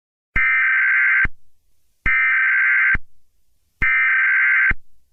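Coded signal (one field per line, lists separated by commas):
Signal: Emergency Alert System (SAME) tones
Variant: header bursts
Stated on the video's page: Fictional nuclear meltdown alert scenario.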